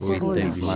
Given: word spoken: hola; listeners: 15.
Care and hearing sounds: one Spanish word in noise, from a listening test; four-talker babble; -1.9 dB; 0 of 15; 7 of 15; 0.36 s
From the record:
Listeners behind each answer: 7, 2, 1, 1, 1, 1, 1, 1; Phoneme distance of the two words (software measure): 7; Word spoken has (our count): 2 syllables, 3 phonemes, stress on syllable 1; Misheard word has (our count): 2 syllables, 4 phonemes, stress on syllable 1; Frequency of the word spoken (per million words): 11.40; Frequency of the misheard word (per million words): 34.15

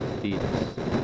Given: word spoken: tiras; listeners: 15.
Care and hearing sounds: one Spanish word in noise, from a listening test; noise modulated by three-talker babble; -4.6 dB; 2 of 15; 12 of 15; 0.64 s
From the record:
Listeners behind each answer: 12, 2, 1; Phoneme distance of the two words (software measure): 7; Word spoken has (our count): 2 syllables, 5 phonemes, stress on syllable 1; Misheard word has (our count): 2 syllables, 4 phonemes, stress on syllable 1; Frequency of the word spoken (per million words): 6.94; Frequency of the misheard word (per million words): 4.62

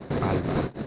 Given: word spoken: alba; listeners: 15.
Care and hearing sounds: one Spanish word in noise, from a listening test; noise modulated by three-talker babble; -3.7 dB; 2 of 15; 8 of 15; 0.47 s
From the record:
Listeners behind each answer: 8, 3, 2, 1, 1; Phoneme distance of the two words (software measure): 10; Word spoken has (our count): 2 syllables, 4 phonemes, stress on syllable 1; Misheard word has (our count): 2 syllables, 4 phonemes, stress on syllable 1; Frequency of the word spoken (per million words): 21.06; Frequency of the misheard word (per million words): 87.55

